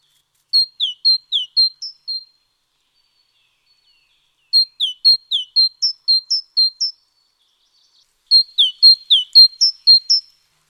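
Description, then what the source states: Great tit singing three phrases about four seconds apart, each of several clear, high whistled notes mixing flat tones and quick downslurs, with silence between. Nominate subspecies Parus major major; Indonesian name gelatik batu.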